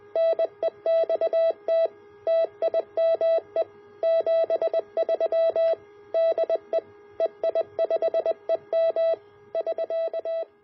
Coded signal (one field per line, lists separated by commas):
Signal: Morse code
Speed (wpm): 20 wpm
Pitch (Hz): 660 Hz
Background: none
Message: NEXT TIME 73 DE EI5EM <SK>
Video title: Increasing Power Output of QRP Labs QMX+ Tcvr